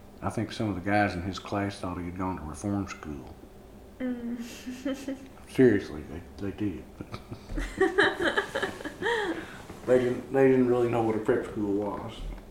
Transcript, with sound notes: I think some of the guys in his class thought he had gone to reform school. Seriously though, they did. [laughter] But they didn’t really know what a prep school was.